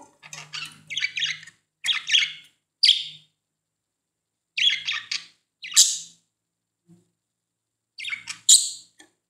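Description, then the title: Budgerigar calls: bursts of scratchy chirps and sharp squawks in clusters separated by short pauses, with a faint low hum underneath. "Budgie Sounds"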